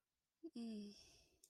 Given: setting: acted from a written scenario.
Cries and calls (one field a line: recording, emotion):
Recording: vocal sound without words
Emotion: sympathy